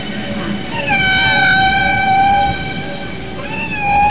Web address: Whales humpbackwhale